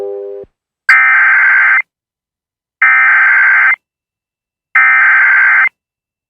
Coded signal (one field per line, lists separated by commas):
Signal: Emergency Alert System (SAME) tones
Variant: header bursts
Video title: WJON IP & KLTRADIO EMERGENCY ALERT SYSTEM COMPILATION!!